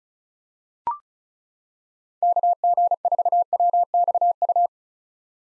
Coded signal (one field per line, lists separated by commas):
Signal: Morse code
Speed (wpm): 36 wpm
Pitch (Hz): 700 Hz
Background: none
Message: KG4WXU